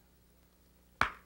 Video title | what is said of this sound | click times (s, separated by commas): 90s PaintStick Instructional VHS | then just push down until it snaps into place | 1.0 s